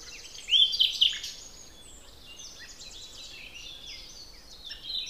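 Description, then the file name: Common nightingale producing a loud, rapid burst of whistled and rattling notes near the start, then quieter song before a sharper note at the end. "Luscinia megarhynchos"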